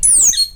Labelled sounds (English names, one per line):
Stitchbird song